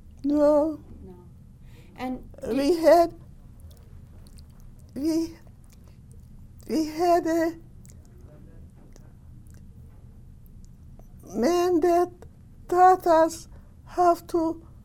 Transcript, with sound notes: No. We had [pause] we had a man that taught us how to